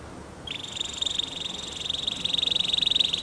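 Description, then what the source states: Canary trill: a bright, rapid, even rattle begins after half a second and continues unbroken, growing slightly louder. Orange canary; lure recording played to prompt a canary that has stopped singing to start singing again.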